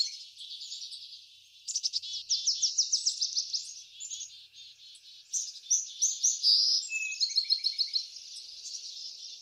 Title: Backyard Birds - Ambient Nature Bird Sounds